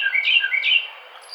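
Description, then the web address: Carolina wren phrases, two loud rich slurred notes dropping then rising, each about a third of a second, fading out at the end. Recorded 18 April 2009. "Carolina Wren 2009 04 18"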